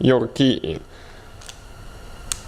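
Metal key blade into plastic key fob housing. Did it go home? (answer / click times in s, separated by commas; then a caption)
yes / 2.3 s. A metal key blade is pushed back into the plastic housing of a Chrysler 300 key fob after the fob is reassembled with a new battery. Someone talks briefly, a faint tick follows at 1.5 s, and the blade seats with a sharp, loud click at 2.3 s.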